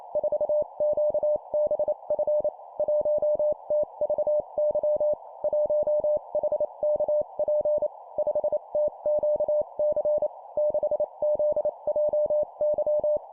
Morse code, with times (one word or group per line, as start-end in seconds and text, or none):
0.2-2.5 4QBF
2.8-5.1 1TVY
5.4-7.9 1HKP
8.2-10.3 5TQC
10.6-13.2 6ZJY